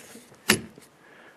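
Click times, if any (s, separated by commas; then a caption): 0.5 s. The folding buttstock hinge latch on a Ruger Precision Rifle is swung closed and locks with a single sharp, loud click at 0.5 s. It seats solidly with no give, play or rattle. No words are spoken during the clip.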